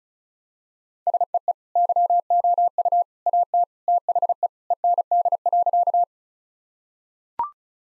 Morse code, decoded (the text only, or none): SEE YOU AT THE END.